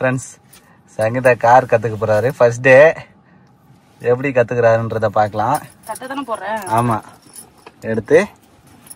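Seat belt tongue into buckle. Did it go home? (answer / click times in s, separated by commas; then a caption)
no / none. Inside a car, a seat belt tongue is handled toward its buckle while someone talks, with metallic jangling like keys between the words. The clip ends just before the tongue goes into the buckle, so nothing has seated or clicked yet.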